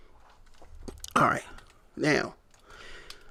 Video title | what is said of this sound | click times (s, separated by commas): SOUL OF CHOGOKIN GX-72 MEGAZORD (DAIZYUJIN) Review[4K]!! | getting to the megazord because you gotta get that into place and hear it click | 0.9 s, 1.0 s